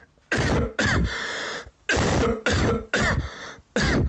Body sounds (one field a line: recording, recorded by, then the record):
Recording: voluntary cough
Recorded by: messaging app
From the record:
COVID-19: negative